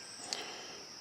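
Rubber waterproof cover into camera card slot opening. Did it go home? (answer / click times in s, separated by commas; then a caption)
yes / 0.3 s. A small rubber waterproof cover is pressed back into the memory-card slot opening on a BlueSkySea DV988 motorcycle dual dash camera unit, to keep water out. Over a steady background hiss with high-pitched tones, a single sharp, short hit sounds at 0.3 s as the cover seats into place.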